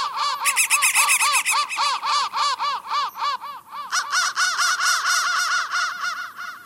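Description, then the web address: Crow cawing rapidly, about four harsh, nasal notes each second in an unbroken run. "soundfactory crow"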